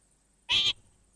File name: orange fronted parakeet song